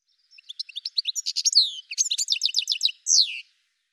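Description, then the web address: Bird song: a rapid run of repeated high chirps and downward-slurred notes, ending with one longer descending note. "cianscape birddata Deverinetal 2025 Bird Ca Ca Ca Ca"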